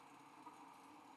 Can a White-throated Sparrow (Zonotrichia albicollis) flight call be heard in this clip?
no